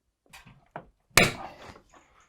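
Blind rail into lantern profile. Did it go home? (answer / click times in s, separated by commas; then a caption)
yes / 1.2 s. A tensioned rail of an electric honeycomb roof lantern blind, set at the factory to exact measurements so it goes in despite looking short, is pushed forward with moderate force and clipped into the lantern profile. Faint handling rustles are followed by a sharp tap at about 0.8 s, then a loud snap at 1.2 s with a brief ringing decay. The rail is seated and secure.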